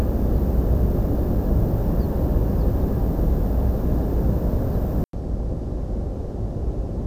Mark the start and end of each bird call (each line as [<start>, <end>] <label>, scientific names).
[1.98, 2.06] Emberiza hortulana
[2.57, 2.84] Motacilla flava
[4.69, 4.76] Motacilla flava